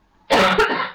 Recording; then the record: coughing mixed with background sound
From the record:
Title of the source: Barking cough - # 10